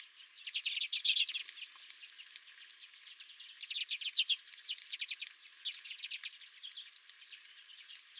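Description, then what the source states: Redpolls chattering, bright rapid chips coming in loose bursts with scattered louder runs. At the recordist's own feeder.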